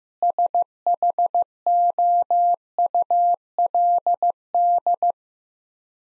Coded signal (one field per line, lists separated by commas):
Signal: Morse code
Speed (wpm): 15 wpm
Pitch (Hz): 700 Hz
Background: none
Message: SHOULD